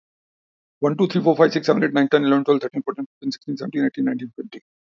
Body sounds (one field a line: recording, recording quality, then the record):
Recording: counting at a fast pace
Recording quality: excellent, no background noise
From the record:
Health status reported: healthy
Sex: male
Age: 60 years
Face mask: not worn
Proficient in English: yes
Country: India